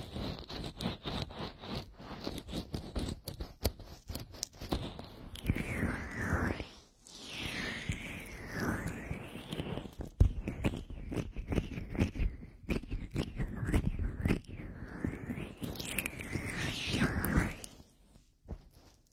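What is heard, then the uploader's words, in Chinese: Ear massage with oil, all slick rubbing and wet squelching. Dense clusters of sharp crackles alternate with softer swirling strokes that rise and fall in a slow, uneven rhythm. A brief lull comes near seven seconds, and the sound fades away at the end. 耳部精油舒压按摩。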